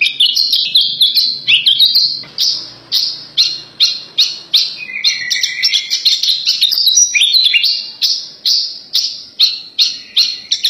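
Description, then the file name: Horsfield's bush lark song: a rapid, continuous run of high chirps and trills, some phrases sliding downward, with notes repeated at a quick, uneven pace. Tutor recording for training birds. "suara masteran branjangan"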